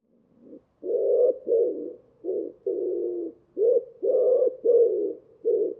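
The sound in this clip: Common Wood Pigeon cooing: deep, husky coo notes strung into a rhythmic phrase of several syllables, some drawn out and some clipped, with no other sounds.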